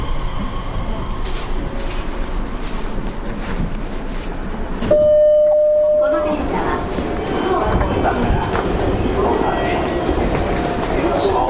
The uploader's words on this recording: 西鉄3000系 急行 久留米から二日市まで. 西日本鉄道 3000系電車の走行音です。 大牟田線の急行列車で録音しました。 Running noise of Nishitetsu 3000 series train.